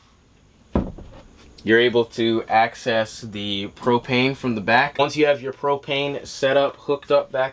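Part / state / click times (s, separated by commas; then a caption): removable countertop section in a van kitchen cabinet / released / 0.8 s. A removable wooden/epoxy countertop section that snaps into place is lifted off a van kitchen cabinet to reach the propane, with a sharp snap as it pops out at 0.8 s. The section comes free, and someone talks for the rest of the clip.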